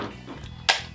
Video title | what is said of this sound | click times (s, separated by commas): Joe Con 2015 Attendee Exclusive Iron Grenadier Mantis Sub REVIEW | It snaps into place. | 0.7 s